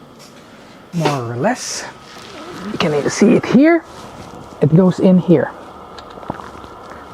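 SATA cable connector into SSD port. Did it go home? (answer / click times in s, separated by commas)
yes / 6.3 s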